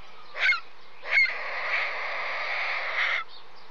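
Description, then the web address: Water bird calls: two short harsh notes, then a long rasping call lasting about two seconds, with a faint note after. "various water birds"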